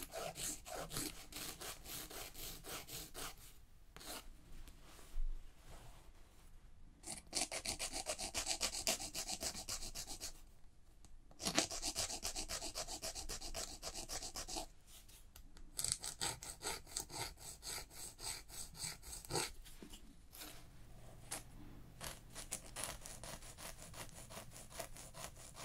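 Hand massage and nail care, with stretches of rapid, bright rubbing and filing strokes in a fast regular rhythm. The scratchy passages come in bursts of a few seconds, separated by short quiet gaps near 4, 7, 10, 15 and 20 seconds, with occasional soft taps.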